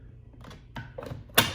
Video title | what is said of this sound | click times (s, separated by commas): AIRVO: BASICS & COMMON PROBLEMS | until it snaps into place | 1.4 s